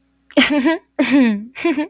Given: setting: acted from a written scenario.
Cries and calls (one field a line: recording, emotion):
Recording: vocal sound without words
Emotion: romantic love